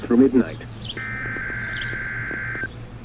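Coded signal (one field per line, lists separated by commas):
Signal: Emergency Alert System (SAME) tones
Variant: header bursts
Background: speech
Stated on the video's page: Weather radio Required Weekly Test recorded with a Zoom H1essential 32-bit float recorder.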